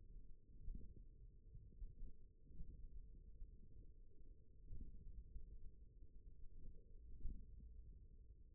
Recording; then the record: forearm muscle sounds (acoustic myography)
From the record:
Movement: index flexion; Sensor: system 1, eight BSWA MPA416 microphones around the upper forearm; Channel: 4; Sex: male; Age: 41 years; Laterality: right